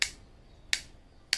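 The magnetic lid of a OnePlus Buds plastic charging case is snapped shut three times, giving sharp, bright clicks at 0.0, 0.7 and 1.3 seconds with quiet gaps in between. Each time the lid seats closed magnetically with a crisp click that gives it a nice feel.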